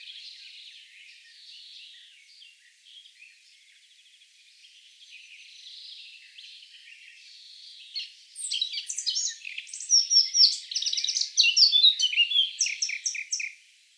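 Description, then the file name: Eurasian blackcap song: a long soft, chattering subsong that swells at about eight seconds into loud, rapid warbling with clear fluty notes. "Sylvia atricapilla"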